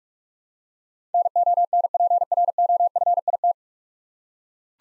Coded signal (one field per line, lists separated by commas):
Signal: Morse code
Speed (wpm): 41 wpm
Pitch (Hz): 700 Hz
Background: none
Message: NONPROFIT